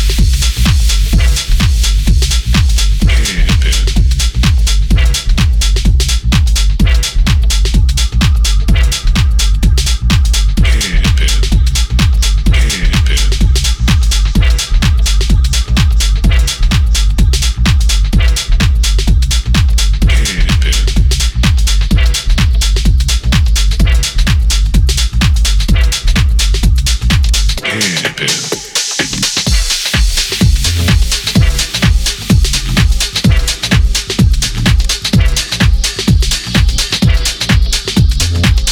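A steady, beat-driven mellow track with a heavy low bass and regular drum hits; the bass drops out briefly near 28 seconds, then returns.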